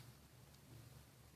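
The plastic locking flap of the keyboard ribbon connector on a Toshiba C850 laptop motherboard is handled as it is flipped down to clamp the pushed-in ribbon cable. Only a steady low hum and faint broadband noise are heard, with no sharp hit. Nothing has seated or clicked yet.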